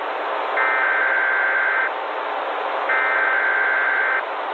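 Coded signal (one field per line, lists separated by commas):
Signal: Emergency Alert System (SAME) tones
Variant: header bursts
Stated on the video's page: Fictional EAS scenario / analog horror mock alert.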